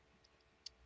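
A plastic gun accessory is turned so its flat part faces down and pushed into the 3mm port on an action figure's leg. A faint tick at 0.25 s comes before a sharp, bright click at 0.7 s as it snaps firmly into place, seated.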